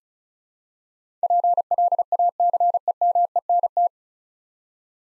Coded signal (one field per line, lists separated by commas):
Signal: Morse code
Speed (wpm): 36 wpm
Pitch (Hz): 700 Hz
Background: none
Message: PLACEMENT